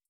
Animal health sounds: hydrophone in a shrimp aquaculture tank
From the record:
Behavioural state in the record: starved

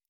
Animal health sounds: hydrophone in a shrimp aquaculture tank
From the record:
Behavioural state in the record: normal

